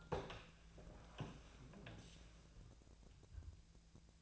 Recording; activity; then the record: daily activity, microphone in the room; open door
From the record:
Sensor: 2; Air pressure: 1000.3 hPa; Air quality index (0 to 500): 168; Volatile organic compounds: 3 ppm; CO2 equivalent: 1394 ppm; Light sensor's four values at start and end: 11/27/11/12 and 11/27/11/12